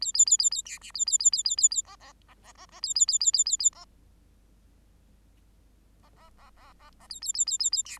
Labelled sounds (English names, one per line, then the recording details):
Bengalese Finch song
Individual Bird8